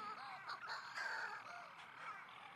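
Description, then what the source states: Manx Shearwater giving harsh, cackling calls. Several Manx shearwaters calling in flight in darkness at Skellig Michael in the Atlantic, arriving after the storm petrels, circling unseen; witch-like cackling.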